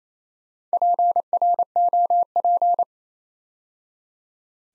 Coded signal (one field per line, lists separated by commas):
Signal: Morse code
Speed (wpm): 28 wpm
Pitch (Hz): 700 Hz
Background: none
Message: PROP